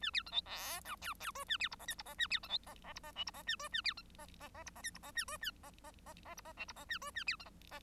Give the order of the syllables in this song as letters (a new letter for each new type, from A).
A B C D E F G G H A B I J K I J A B C D J J I J L I J A H A B C J J J I J K I J A H A J J J J I J L I J A H A B C J